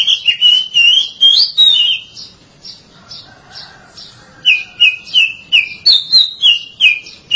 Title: Suara Kicauan Burung Kacer